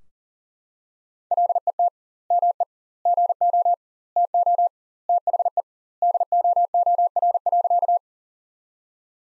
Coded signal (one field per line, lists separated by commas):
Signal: Morse code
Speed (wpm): 40 wpm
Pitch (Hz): 700 Hz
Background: none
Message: LET ME GO TO THE DOOR.